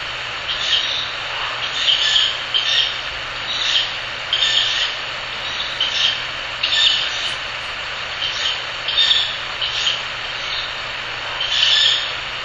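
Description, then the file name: Ural Owl chick hissing repeatedly, harsh breathy bursts with uneven gaps, against a constant rushing background noise. Owl chick (owlet). "フクロウ雛 遠藤"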